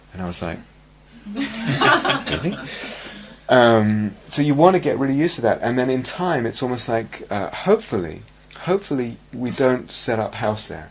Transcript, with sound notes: And I was like, "Really?" [laughter] So you want to get really used to that, and in time, it's almost like hopefully, hopefully, we don't set up house there.